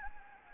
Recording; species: mosquito wingbeat signal from an infrared sensor; Anopheles gambiae